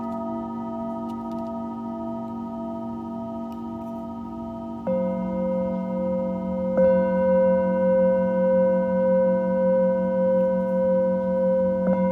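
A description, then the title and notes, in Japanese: Singing bowls ring in a steady, humming drone of layered pure tones. Fresh strikes land near five and seven seconds, each adding a brighter ringing note and lifting the volume, with another soft strike at the very end. Faint light ticks sound early on. メキシコから シンギングボウルのサウンドヒーリング。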